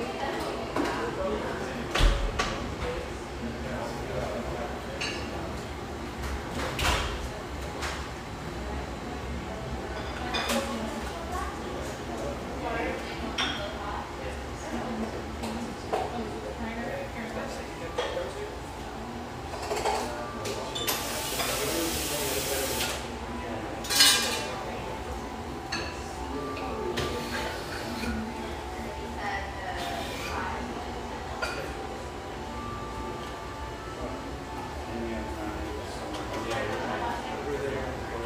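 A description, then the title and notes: A lively coffeeshop hums with steady overlapping chatter and a low room rumble throughout. Frequent clinks of cups, dishes and cutlery punctuate the din, with sharper knocks near 2 and 7 seconds and a hissing burst, like a steam wand, around 21 to 24 seconds. Tacoma, Washington. Lively ambience from this rustic, bayside coffeeshop.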